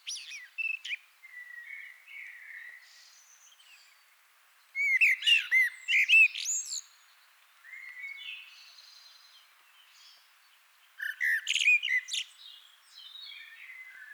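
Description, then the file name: Common blackbird singing in repeated phrases: low, fluty whistled notes, each followed by bursts of high, scratchy twittering, with quiet gaps between. "Turdus merula"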